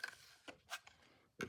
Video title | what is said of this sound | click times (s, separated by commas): Odenwolf Ambulo | fit fits in the sheath real nice Clicks in locks in very positive retention | 1.4 s